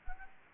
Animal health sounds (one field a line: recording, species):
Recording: mosquito wingbeat signal from an infrared sensor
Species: Anopheles gambiae